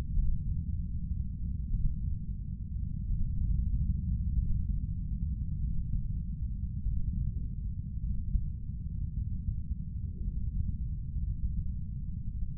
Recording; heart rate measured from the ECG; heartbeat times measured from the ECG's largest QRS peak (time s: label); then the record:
heart sounds by stethoscope; 50 bpm
0.16 s: heartbeat
1.70 s: heartbeat
3.07 s: heartbeat
4.36 s: heartbeat
5.61 s: heartbeat
6.83 s: heartbeat
8.00 s: heartbeat
9.14 s: heartbeat
10.21 s: heartbeat
11.23 s: heartbeat
12.24 s: heartbeat
From the record:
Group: healthy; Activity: Valsalva maneuver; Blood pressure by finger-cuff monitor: 152/94 mmHg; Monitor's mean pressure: 108 mmHg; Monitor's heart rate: 48 bpm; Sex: male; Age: 30 years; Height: 188 cm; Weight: 110.2 kg